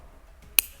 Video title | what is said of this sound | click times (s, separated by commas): How to CHANGE your Mercedes Key BATTERY! | and then you'll hear it click into place, and then you can pop the emergency key back on, | 0.6 s